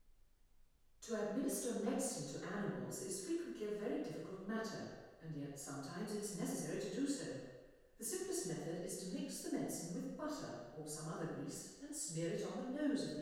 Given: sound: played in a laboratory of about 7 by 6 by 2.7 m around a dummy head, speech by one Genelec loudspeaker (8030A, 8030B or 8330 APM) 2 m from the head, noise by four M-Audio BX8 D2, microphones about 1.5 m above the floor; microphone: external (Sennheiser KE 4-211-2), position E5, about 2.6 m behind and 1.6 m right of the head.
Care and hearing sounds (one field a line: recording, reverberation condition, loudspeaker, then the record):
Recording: female speech in English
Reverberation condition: high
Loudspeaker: 30 degrees to the right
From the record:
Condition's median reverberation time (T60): about 1300 ms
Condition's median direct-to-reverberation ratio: about -4.0 dB